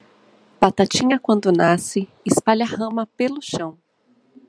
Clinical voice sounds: short text; Brazilian Portuguese; female; 30 to 39 years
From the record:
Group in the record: control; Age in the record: 33 years

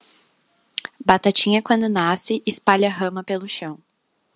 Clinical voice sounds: short text; Brazilian Portuguese; female; 20 to 29 years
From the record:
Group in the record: control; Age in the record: 25 years

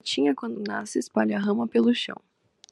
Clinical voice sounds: short text; Brazilian Portuguese; female; 18 to 19 years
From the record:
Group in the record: control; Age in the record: 18 years

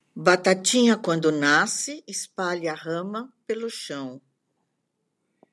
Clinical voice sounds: short text; Brazilian Portuguese; female; 70 to 79 years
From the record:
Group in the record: control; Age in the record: 70 years

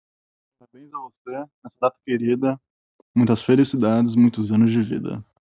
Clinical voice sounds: short text; Brazilian Portuguese; male; 20 to 29 years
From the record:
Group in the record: control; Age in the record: 20 years

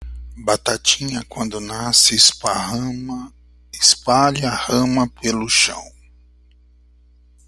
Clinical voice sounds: short text; Brazilian Portuguese; male; 50 to 59 years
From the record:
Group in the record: control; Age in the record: 57 years

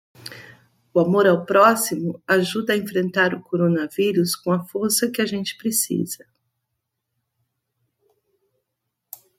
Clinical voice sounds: spoken sentence; Brazilian Portuguese; female; 50 to 59 years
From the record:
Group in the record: control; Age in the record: 58 years

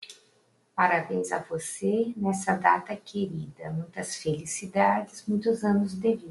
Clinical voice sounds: short text; Brazilian Portuguese; female; 50 to 59 years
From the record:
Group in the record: control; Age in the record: 57 years

